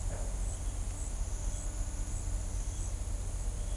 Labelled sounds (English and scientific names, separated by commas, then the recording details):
none
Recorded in shrubland near Pivijay, Magdalena, Colombia, on 3 June 2023 at 08:00
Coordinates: 10.453, -74.365
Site P5-G022